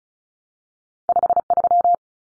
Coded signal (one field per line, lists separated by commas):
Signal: Morse code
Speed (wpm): 34 wpm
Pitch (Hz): 700 Hz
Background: none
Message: 53